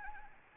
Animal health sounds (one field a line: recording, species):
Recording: mosquito wingbeat signal from an infrared sensor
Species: Anopheles gambiae